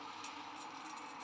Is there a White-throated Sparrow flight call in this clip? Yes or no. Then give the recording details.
no. No flight call is heard. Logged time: 23:26 on 13 December 2014